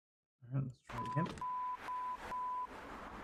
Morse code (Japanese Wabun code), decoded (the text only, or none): none